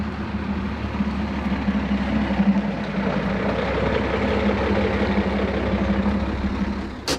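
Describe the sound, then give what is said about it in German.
A heavy three-ton truck engine runs steadily with a deep, rumbling drone and a low hum around it as the truck drives on toward the Predego Bridge, holding an even loudness throughout with no voices. “Die beiden Land Rover halten am Straßenrand in der Nähe der Signalbrücke. Der Dreitonner fährt weiter zur Predego-Brücke.”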